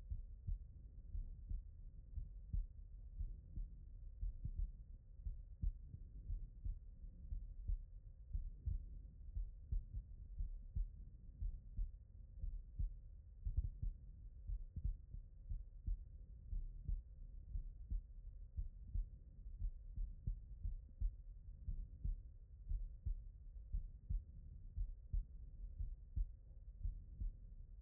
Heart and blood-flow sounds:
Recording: heart sounds by stethoscope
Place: pulmonary valve (PV)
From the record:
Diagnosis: non-HFrEF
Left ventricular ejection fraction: 66%

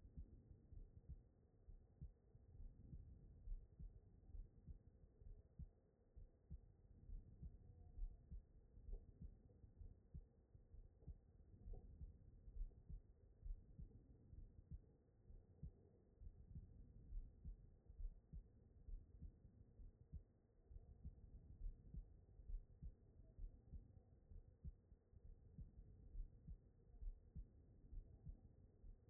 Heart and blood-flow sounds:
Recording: heart sounds by stethoscope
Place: aortic valve (AV)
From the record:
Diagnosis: non-HFrEF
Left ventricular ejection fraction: 58%

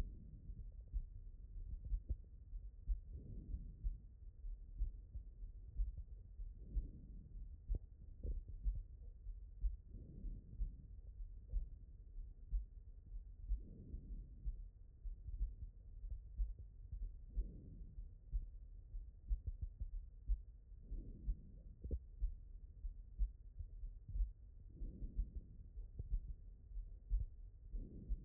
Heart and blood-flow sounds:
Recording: heart sounds by stethoscope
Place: aortic valve (AV)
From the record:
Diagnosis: non-HFrEF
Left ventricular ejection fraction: 56%

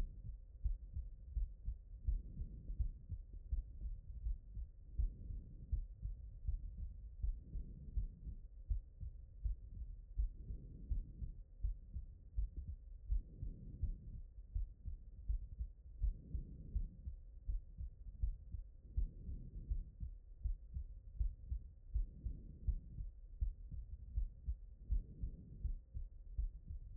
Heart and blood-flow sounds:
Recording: heart sounds by stethoscope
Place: mitral valve (MV)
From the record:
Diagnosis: HFrEF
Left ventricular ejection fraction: 23%

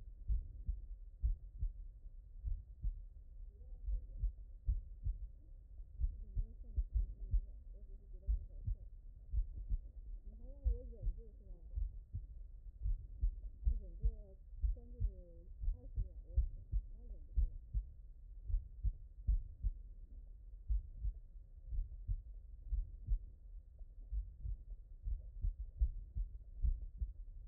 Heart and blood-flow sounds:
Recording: heart sounds by stethoscope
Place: mitral valve (MV)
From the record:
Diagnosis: non-HFrEF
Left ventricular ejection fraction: 46%

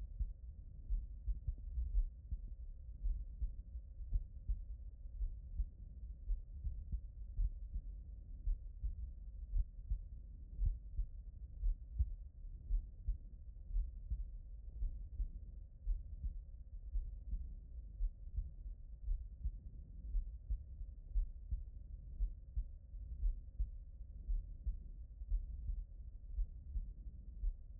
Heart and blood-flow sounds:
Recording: heart sounds by stethoscope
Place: tricuspid valve (TV)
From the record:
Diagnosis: non-HFrEF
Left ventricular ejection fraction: 75%

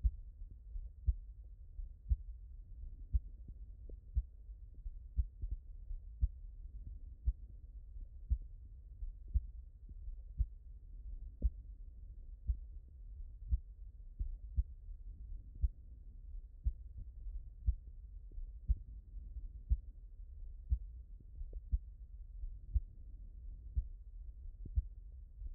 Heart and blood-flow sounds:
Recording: heart sounds by stethoscope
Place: pulmonary valve (PV)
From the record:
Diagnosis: non-HFrEF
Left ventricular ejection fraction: 60%

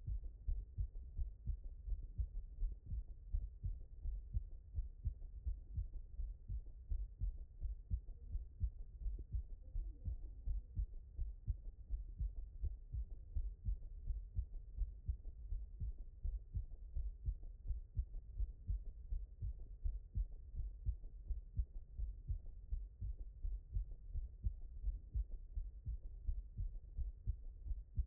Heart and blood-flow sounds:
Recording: heart sounds by stethoscope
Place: mitral valve (MV)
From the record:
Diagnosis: HFrEF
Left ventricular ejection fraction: 23%

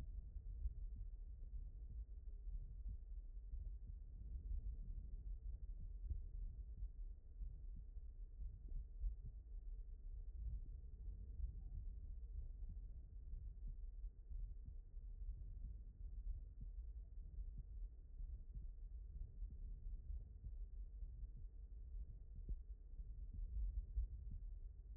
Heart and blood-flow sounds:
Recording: heart sounds by stethoscope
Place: aortic valve (AV)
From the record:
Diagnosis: non-HFrEF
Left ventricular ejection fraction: 62%

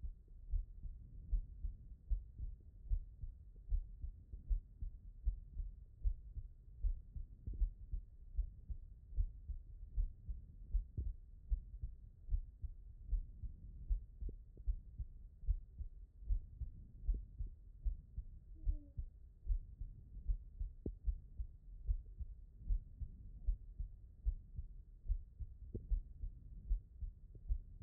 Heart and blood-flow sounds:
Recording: heart sounds by stethoscope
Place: pulmonary valve (PV)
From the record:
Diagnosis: non-HFrEF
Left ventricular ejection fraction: 79%

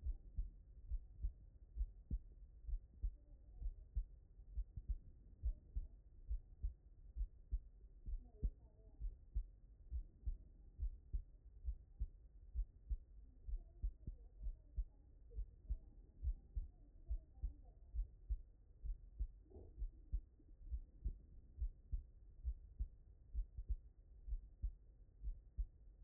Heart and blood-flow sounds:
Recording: heart sounds by stethoscope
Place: tricuspid valve (TV)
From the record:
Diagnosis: non-HFrEF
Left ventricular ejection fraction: 66%

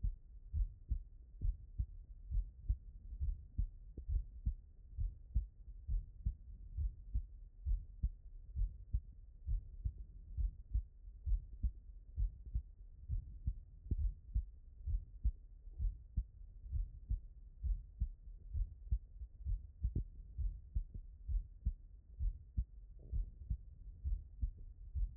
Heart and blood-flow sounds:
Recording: heart sounds by stethoscope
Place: tricuspid valve (TV)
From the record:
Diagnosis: non-HFrEF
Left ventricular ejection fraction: 64%

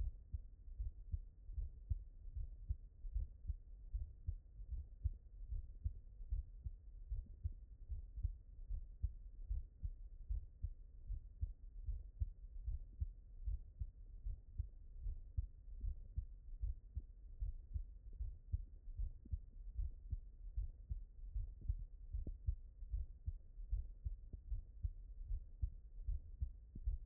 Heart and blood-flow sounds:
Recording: heart sounds by stethoscope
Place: mitral valve (MV)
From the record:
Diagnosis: non-HFrEF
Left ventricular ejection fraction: 60%

